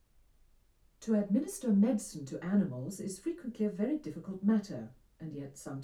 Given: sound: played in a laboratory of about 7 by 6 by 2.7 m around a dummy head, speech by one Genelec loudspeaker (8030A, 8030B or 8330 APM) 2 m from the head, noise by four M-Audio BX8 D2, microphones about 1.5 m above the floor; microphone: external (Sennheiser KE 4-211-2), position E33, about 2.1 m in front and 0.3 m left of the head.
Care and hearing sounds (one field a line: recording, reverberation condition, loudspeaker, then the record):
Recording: female speech in English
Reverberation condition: low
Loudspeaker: 90 degrees to the right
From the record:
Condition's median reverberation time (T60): about 310 ms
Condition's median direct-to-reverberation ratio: about 3.5 dB